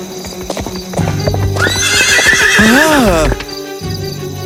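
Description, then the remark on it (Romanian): A horse being ridden in the middle of a street lets out a loud, wavering whinny that rises and falls in pitch, while its hooves clip-clop in a steady rhythm underneath before and after it. “Nu trebuie să călărești un cal în mijlocul unei străzi!”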